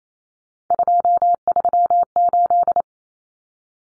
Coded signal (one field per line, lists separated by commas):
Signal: Morse code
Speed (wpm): 28 wpm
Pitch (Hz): 700 Hz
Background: none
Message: 238